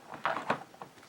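A plastic storage box for markers is set down on top of another stacked box, to be clipped in place by small catches on each side so the boxes don't move. Short plastic knocks are heard at 0.25 s, 0.37 s and 0.50 s as it is handled. Nothing has seated or clicked yet.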